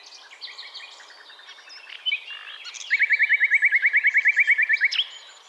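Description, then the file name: Common nightingale song: soft mixed chirps, then a loud, rapid trill of about twenty identical notes lasting two seconds, ending in a sharp note. "Luscinia megarhynchos"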